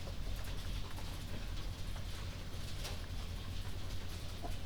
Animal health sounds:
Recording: poultry house recording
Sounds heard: healthy chickens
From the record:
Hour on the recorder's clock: 22

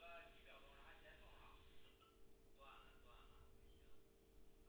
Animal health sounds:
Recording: poultry house recording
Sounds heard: no chicken sound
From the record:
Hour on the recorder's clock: 16

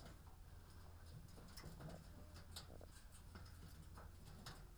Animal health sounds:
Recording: poultry house recording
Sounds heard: sick chickens (respiratory disease)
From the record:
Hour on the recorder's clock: 13

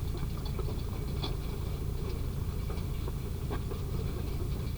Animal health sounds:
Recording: poultry house recording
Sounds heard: no chicken sound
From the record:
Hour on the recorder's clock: 0

